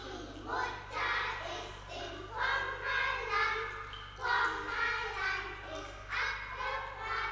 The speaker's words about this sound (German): Drüben spielen Kinder. Sie geben sich die Hand. Einem Kind sind mit einem Tuch die Augen verbunden. Sie spielen blinde Kuh. Weiter drüben tanzen sie Ringelreihen und singen ein Lied. Hören Sie?